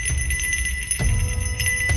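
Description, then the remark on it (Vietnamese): A small copper bell mounted on a purple wooden post, struck with a black iron rod, rings with bright, high, lingering tones, struck again about every second so the jingling keeps going over a low, steady rumble. No one speaks. “Cái chuông đồng bị chạm vào kêu lên leng ca leng keng.”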